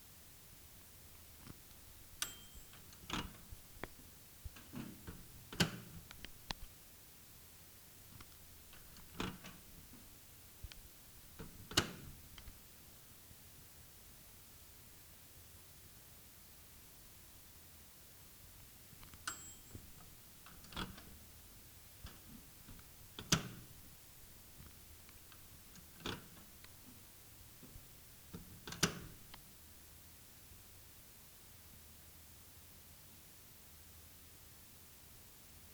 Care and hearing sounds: daily activity, guitar pickup as the sensor; use microwave

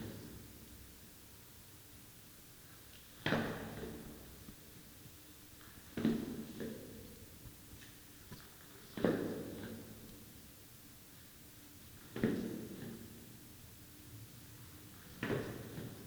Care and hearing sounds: daily activity, guitar pickup as the sensor; go downstairs

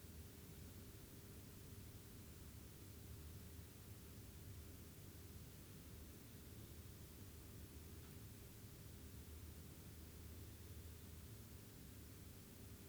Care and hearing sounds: daily activity, guitar pickup as the sensor; stand

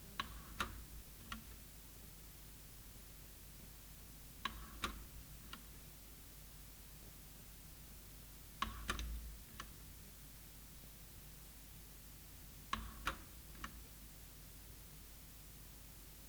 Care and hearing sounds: daily activity, guitar pickup as the sensor; manipulate door

